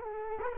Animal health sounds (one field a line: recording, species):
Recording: mosquito wingbeat signal from an infrared sensor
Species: Culex quinquefasciatus